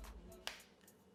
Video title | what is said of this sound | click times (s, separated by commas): Crazy Review! --- Sigma 18-35mm f/1.8 DC HSM | o you hear that click it's in place it's sturdy basically | 0.5 s